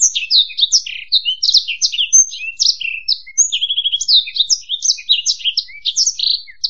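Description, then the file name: Black-throated canary song: dense, sweet, high twittering with quick slurs and a short rattling trill midway, delivered without pause. "suara burung blackthroat"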